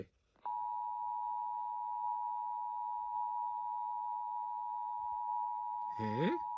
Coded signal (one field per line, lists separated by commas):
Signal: Emergency Alert System (SAME) tones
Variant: 853 and 960 Hz attention tone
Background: speech